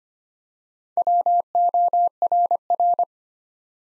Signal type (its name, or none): Morse code